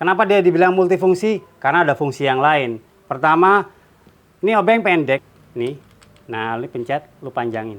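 A man talks while handling a short multi-bit screwdriver, pressing its release to start pulling the extendable shaft out toward its long position in the handle. Only his speech is clearly heard, with a few faint handling sounds between phrases. The shaft has not yet clicked or locked into place when the clip ends.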